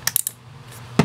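The worn metal keyless chuck of a Milwaukee M12 Fuel cordless drill is hand-tightened, and its ratchet clicks sharply at 0.1, 0.2 and 0.3 seconds as it locks. A louder, fuller knock follows at about 1.0 second. The chuck still locks in good.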